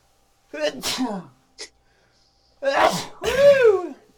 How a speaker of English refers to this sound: I got to sneeze. Hold on.